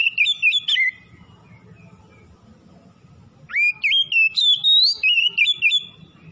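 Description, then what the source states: Oriental magpie-robin singing a short warbled phrase, then after a pause a longer run of bright, rapidly changing whistles, with a faint low hum underneath. Called by the Indonesian name kacer; described as gacor, singing persistently, in full song; Tretes named alongside.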